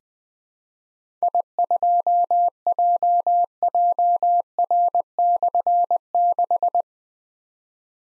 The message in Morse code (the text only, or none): I2JJR/6